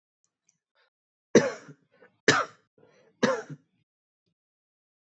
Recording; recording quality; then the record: shallow voluntary cough; excellent, no background noise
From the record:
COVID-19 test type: RT-PCR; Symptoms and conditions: cough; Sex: male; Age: 31 years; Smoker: no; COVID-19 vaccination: both doses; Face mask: not worn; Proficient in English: yes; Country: India